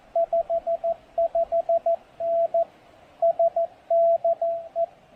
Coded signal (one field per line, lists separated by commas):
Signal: Morse code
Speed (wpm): 14 wpm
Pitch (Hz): 670 Hz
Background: radio noise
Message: 55N SDE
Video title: POTA with 3 Watts! Pairing the MTR-3B, EFHW, and a new speaker at PIsgah National Forest.